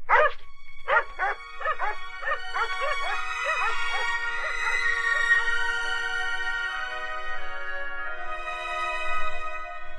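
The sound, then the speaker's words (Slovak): Dogs bark in a quick run of sharp, high yaps, which then blur into sustained whining, howl-like tones that carry on loudly to the end. No one speaks. “Nenažrané psiska.”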